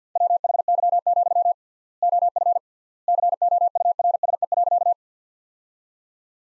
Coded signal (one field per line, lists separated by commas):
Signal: Morse code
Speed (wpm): 50 wpm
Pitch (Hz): 700 Hz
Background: none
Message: WHY, OF COURSE.